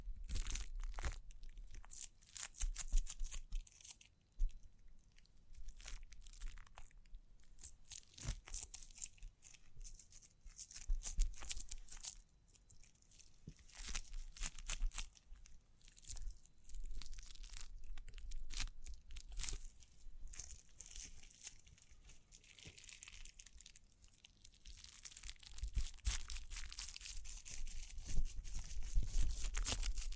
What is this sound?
Tapping, Scratching, Brushing, Crinkles